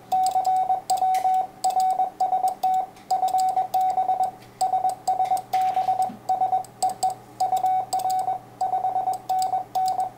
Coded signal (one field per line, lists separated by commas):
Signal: Morse code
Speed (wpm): 21 wpm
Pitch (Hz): 750 Hz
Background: radio noise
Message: CW RST FB SSB S EE UR 5NN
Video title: UR5FA/MM 50.109 QRP FT-817 LOC PJ89 de BX4AG